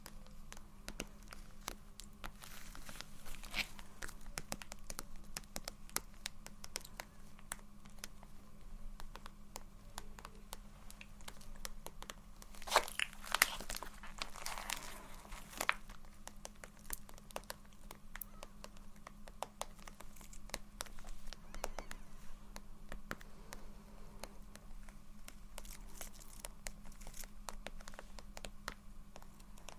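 Soft, gentle tapping and scratching goes on throughout, a steady scatter of light ticks with a faint crinkly edge over a constant low hum. Around the middle, roughly from 13 to 16 seconds, the scratching thickens into a brighter, busier rustle before settling back.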